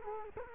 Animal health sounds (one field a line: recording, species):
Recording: mosquito wingbeat signal from an infrared sensor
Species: Culex quinquefasciatus